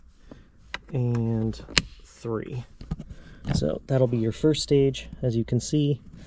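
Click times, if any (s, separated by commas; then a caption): 0.7 s. The second of three plastic mounting clips is pushed into a mounting hole in the console during a GR Corolla production armrest install, and it snaps in with a sharp click at 0.7 s, seated. Someone then talks.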